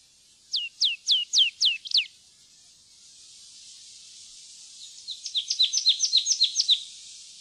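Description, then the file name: Marsh tit giving six sharp down-slurred whistles in quick succession, then after a pause a fast chattering series of paired high and lower chirps. "loevmeis"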